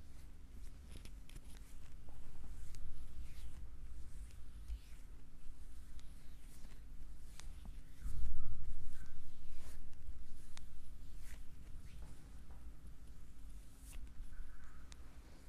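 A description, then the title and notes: A foot massage: soft rubbing and skin sounds, occasional light taps and clicks, a steady low hum, slightly louder near eight seconds. ASMR Relaxing foot massage.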